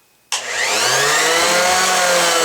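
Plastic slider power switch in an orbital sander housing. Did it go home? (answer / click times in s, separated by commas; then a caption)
yes / 0.3 s. A repaired plastic slider power switch on a Ryobi orbital sander is pushed on and snaps into the on position at 0.3 s. The sander then starts and runs with a steady motor whine until the end. The switch has seated.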